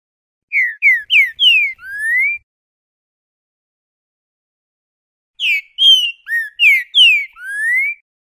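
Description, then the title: Green-winged saltator song: two bursts of rich whistled notes, slurred up and down, each phrase ending in a longer rising whistle, separated by about three seconds of silence. Repetidor (repeating) song type, noted as 'tint ting'. "Trinca Ferro Repetidor"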